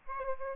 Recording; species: mosquito wingbeat signal from an infrared sensor; Aedes aegypti